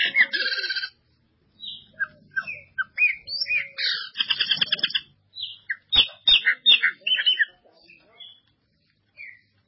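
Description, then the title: Ultramarine grosbeak song, a busy run of short whistled and buzzy notes with quick rising slurs, broken by brief pauses, plus a few sharp clicks. "Azulao"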